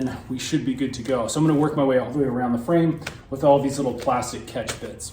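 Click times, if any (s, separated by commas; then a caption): none. Small plastic catch clips on a fabric grass-catcher bag for a Ryobi electric lawn mower are worked one by one around the bag's frame while someone talks throughout. Nothing has seated or clicked yet.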